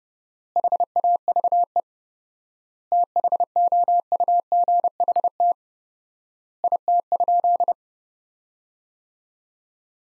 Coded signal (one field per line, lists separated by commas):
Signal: Morse code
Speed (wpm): 32 wpm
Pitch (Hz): 700 Hz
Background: none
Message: HAVE THOUGHT IT?